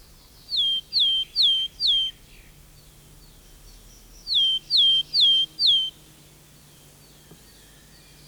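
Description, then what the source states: Willow tit song: two phrases of four clear, downslurred whistled notes each, separated by a pause. Song in pine heath forest, called somewhat melancholy with reason, since the species has declined as decaying stumps where it digs its nest hole were cleared.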